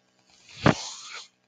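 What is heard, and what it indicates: Single soft mechanical puff followed by a fading airy hiss: one delivered breath from a home mechanical ventilator used by the person it belongs to.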